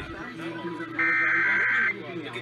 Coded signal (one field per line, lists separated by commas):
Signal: Emergency Alert System (SAME) tones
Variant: header bursts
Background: speech